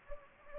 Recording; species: mosquito wingbeat signal from an infrared sensor; Anopheles gambiae